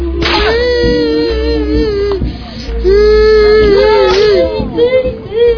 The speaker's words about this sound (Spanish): Los guaguas gritaban, lloraban viendo el tormento de aquellos inocentes.